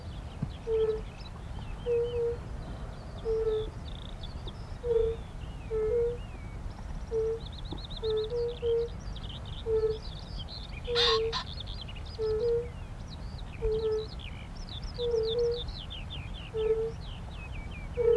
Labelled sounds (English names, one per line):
Fire-Bellied Toad call